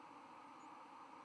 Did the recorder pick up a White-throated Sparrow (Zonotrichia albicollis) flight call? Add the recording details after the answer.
no. Another species' flight call is heard. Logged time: 05:00 on 31 October 2014